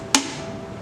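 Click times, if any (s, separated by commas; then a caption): 0.1 s. A plastic light-proof lid is pressed onto a film developing tank and snaps into place with a single sharp click at 0.2 s, followed by a short fading tail over low background hum. The lid is seated and the tank is now light-tight.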